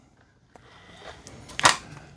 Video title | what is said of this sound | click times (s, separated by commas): NARWAL Freo Z Ultra Robot Vacuum & Mop UNBOXING & SET UP Wow, Amazing Features! FIRST LOOK! | Push it in until it clicks. | 1.6 s, 1.7 s